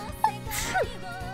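A single quick sneeze: a short intake, then a sharp breathy burst with a brief voiced tail.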